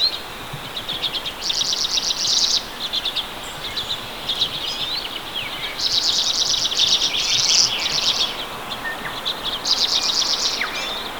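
Redpoll calls: dry buzzy trills and chattering notes come in repeated bursts, some overlapping, against a constant faint hiss.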